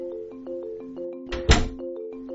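A door swings shut with a solid, low thunk and a brief rattle as it is bolted, heard over a steady backdrop of soft, sustained tonal music notes.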